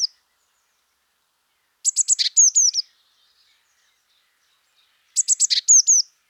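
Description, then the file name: Eurasian blue tit giving two high phrases of fast ticking notes followed by bright downslurred whistles, in a quiet setting. "Cyanistes caeruleus"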